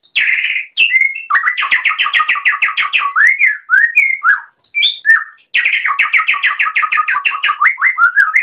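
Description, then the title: Oriental magpie-robin song: two bursts of fast, evenly repeated buzzy chirps, separated by varied whistled notes and a short pause. "Kicau Kacer"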